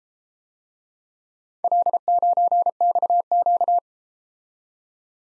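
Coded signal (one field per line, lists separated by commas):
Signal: Morse code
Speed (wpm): 32 wpm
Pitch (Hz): 700 Hz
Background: none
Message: L9XQ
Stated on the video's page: Speed-racing Morse practice of four-character letter-number groups, starting fast and slowing to a 28 wpm base speed.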